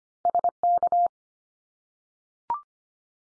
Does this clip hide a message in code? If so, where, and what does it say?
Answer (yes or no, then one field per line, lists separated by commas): yes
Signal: Morse code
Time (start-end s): 0.3-1.1 s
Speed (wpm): 25 wpm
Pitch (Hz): 700 Hz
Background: none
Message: SK